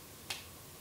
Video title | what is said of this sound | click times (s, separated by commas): #179 Unboxing Barbie Color Reveal Wave 4 Zeemeermin en Dierenvriendjes - Proefmonsters | De vin. Moet je erin klikken. In dat rondje. | 0.3 s